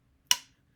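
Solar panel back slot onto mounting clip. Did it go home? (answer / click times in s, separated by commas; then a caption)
yes / 0.3 s. A slot on the back of a small plastic solar panel is placed over a plastic mounting clip and slid in until it snaps into place and locks. One sharp, loud snap is heard at 0.3 s, bright in the upper frequencies, and it decays quickly within about 0.2 s. The panel is seated and locked on the clip.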